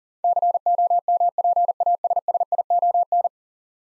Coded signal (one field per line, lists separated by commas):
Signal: Morse code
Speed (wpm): 40 wpm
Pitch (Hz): 700 Hz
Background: none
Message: COMPASSION